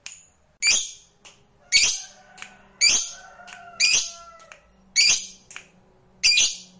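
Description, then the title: Lovebird uttering loud, raspy squawks roughly every second, interspersed with softer chips and thin whistled tones. Sound played to stimulate a lazy lovebird that is reluctant to sing, so it becomes eager and spontaneously 'langsung narik' (sings at length). "LOVEBIRD Malas Bunyi JADI GREGET SPONTAN Langsung NARIK"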